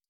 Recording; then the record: hydrophone in a shrimp aquaculture tank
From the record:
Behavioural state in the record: stressed